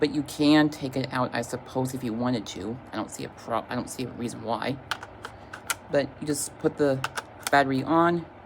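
A battery pack is being fitted back onto a walkie-talkie radio body while someone talks. Faint handling sounds are heard, but nothing has seated or clicked yet; the clip ends just before the pack goes home.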